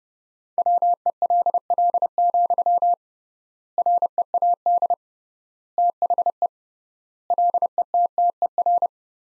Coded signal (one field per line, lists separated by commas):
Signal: Morse code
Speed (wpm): 30 wpm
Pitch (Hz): 700 Hz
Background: none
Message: WELL, READ THE LETTER